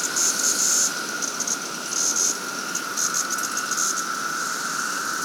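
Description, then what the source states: Periodical cicada chorus, a steady droning hum with intermittent high buzzy bursts above it. Cicadas on Siliskie Road at 10:06 AM on Memorial Day 2024.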